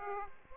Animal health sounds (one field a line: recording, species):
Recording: mosquito wingbeat signal from an infrared sensor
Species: Aedes aegypti